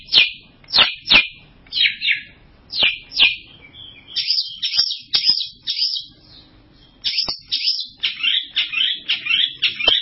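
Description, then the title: Bird song in bursts of bright, rapid chirps and twitters, pausing briefly near the middle before a fast, dense twittering run resumes, with occasional sharp clicks. "burung online"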